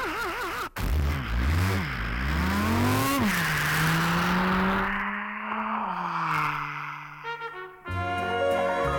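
An engine revs up and down in rising and falling sweeps, then settles into a steady drone as the car drives off, followed by a rattling clatter and a lower idle at the end.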